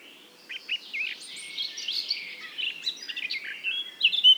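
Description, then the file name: Eurasian blackcap song, a fairly quiet jumble of scratchy, chattering warbled notes with a few brighter whistles near the end. "Sylvia atricapilla"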